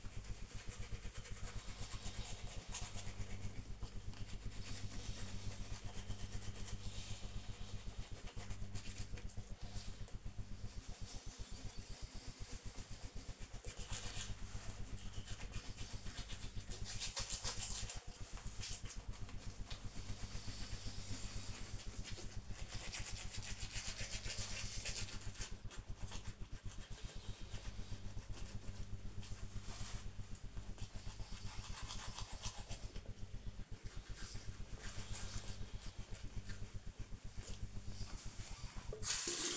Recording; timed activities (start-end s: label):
household activities, microphone on the right wrist
0.00-39.57 s: brushing teeth